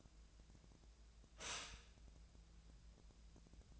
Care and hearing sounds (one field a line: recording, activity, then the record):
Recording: daily activity, microphone in the room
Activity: stop toaster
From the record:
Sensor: 2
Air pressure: 1000.0 hPa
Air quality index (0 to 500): 150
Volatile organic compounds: 2 ppm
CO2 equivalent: 1271 ppm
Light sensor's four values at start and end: 21/54/23/24 and 21/52/22/24